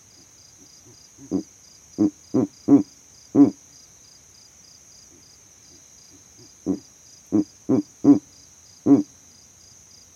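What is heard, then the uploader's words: An owl gives deep, gruff hoots in two bursts of about five notes each, near the start and again after six seconds, with faint softer grunts leading into each burst. A steady, high insect drone with a pulsing trill runs underneath throughout. Owl Calling In The Savanna. This Verreaux's eagle owl advertised his territory from the exact tree that I set up my overnight sound recording rig in.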